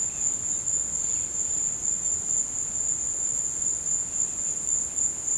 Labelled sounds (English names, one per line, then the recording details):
none
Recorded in pastures near Puerto Asís, Putumayo, Colombia, on 22 December 2024 at 15:00
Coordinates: 0.466, -76.322
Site G040